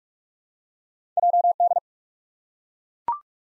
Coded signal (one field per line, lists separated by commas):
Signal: Morse code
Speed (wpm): 43 wpm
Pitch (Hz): 700 Hz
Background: none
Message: JD